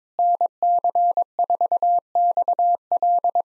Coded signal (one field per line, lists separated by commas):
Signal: Morse code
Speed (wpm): 22 wpm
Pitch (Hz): 700 Hz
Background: none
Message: NC4XL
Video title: POTA QSO Practice - 22wpm